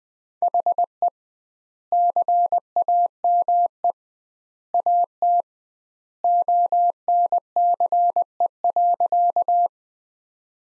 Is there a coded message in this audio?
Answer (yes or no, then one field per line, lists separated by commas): yes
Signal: Morse code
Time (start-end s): 0.4-9.7 s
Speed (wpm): 21 wpm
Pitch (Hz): 700 Hz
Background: none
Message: HE CAME AT ONCE.